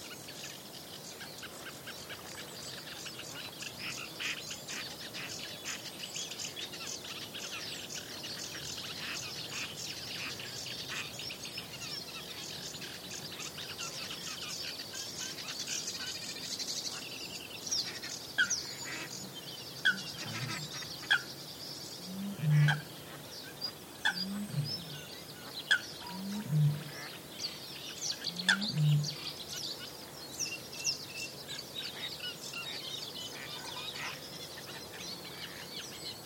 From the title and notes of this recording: The Old Railway Path - Chris Watson. Composer and sound recordist Chris Watson follows the overgrown railway path between Aldeburgh and Saxmundham. Recording an array of elemental, animal and bird sounds. Elemental, animal and bird sounds, including the outpouring of a nightingale.